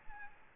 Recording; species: mosquito wingbeat signal from an infrared sensor; Aedes albopictus